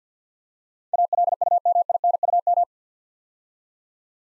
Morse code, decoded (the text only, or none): ALUMINUM